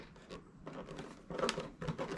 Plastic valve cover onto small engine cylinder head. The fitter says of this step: just want to push it down here until you hear little snaps in all four corners